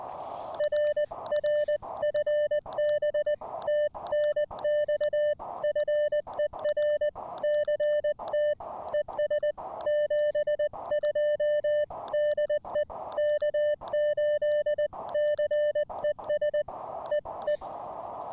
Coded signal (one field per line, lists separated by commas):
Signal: Morse code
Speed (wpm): 20 wpm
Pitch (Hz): 1800 Hz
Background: music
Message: RR FB TNX FER CT ES 72 DE K8CES EE